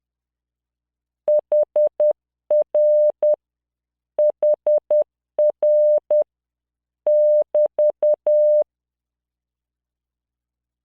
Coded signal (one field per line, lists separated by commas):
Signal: Morse code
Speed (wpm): 10 wpm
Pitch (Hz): 600 Hz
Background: none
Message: HR HR <BT>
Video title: tamanのモールス練習動画45（モールス信号 速度10WPM morse code)